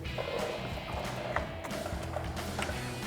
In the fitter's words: Make sure that locks back into place.